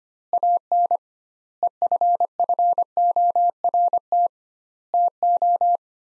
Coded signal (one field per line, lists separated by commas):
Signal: Morse code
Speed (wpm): 25 wpm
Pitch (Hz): 700 Hz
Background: none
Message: AN EFFORT TO